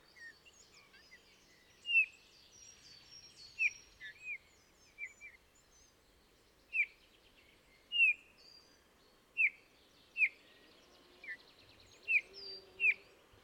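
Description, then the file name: Eurasian bullfinch calls: soft, short whistled notes repeated many times over a steady background hiss. "Pyrrhula pyrrhula"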